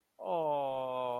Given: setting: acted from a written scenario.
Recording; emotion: vocal sound without words; adoration